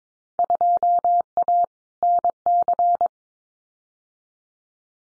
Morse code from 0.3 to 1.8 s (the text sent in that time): 2A